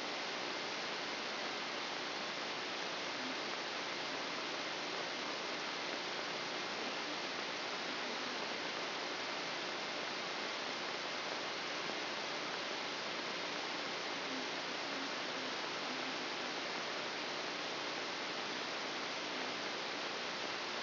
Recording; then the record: brain microelectrode recording played as sound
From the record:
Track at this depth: inside the subthalamic nucleus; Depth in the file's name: 3.313 mm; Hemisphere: left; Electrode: 2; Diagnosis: Parkinson's disease